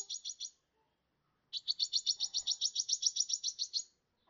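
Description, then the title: Sunbird song: a short high trill, a pause of about a second, then a longer, even trill of rapid buzzy notes. "kicau kolibri"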